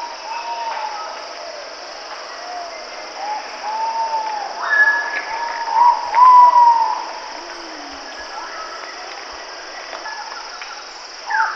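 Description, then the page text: Ivory-breasted pitta uttering a few short, rising-then-falling whistles around the middle, amid scattered chirps from other birds and a constant high-pitched insect hum. "Ivory-Breasted Pitta Call. Quick Sounds"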